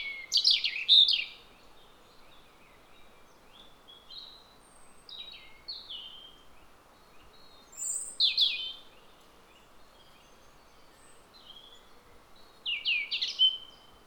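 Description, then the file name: European robin song delivered in separate short phrases of high, slurred whistles and twitters, with long quiet gaps between them and soft hiss throughout. "Erithacus rubecula"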